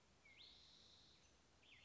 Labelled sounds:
Spotted Towhee
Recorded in Sonoma County, California

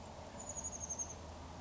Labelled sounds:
Oak Titmouse
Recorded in Sonoma County, California

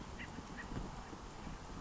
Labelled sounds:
Acorn Woodpecker
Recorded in Sonoma County, California

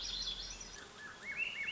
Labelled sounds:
Swainson's Thrush
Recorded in Sonoma County, California

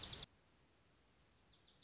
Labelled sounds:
Wilson's Warbler
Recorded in Sonoma County, California

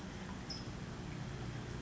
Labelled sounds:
California Towhee
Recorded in Sonoma County, California

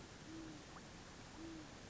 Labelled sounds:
Great Horned Owl
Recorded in Sonoma County, California

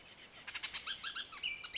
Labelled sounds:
Bullock's Oriole
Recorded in Sonoma County, California

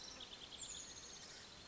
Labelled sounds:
Chestnut-backed Chickadee
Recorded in Sonoma County, California

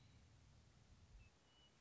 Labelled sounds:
Western Meadowlark
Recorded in Sonoma County, California

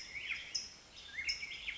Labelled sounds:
Black-headed Grosbeak
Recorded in Sonoma County, California

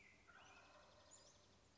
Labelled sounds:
Wild Turkey
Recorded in Sonoma County, California

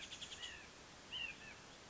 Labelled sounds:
White-breasted Nuthatch
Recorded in Sonoma County, California

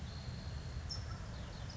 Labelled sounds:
California Towhee
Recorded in Sonoma County, California

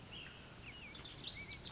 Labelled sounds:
Ash-throated Flycatcher
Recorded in Sonoma County, California

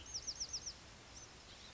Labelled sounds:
Bewick's Wren
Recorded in Sonoma County, California

